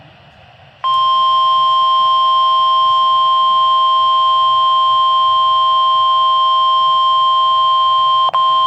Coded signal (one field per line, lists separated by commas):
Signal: Emergency Alert System (SAME) tones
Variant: 1050 Hz attention tone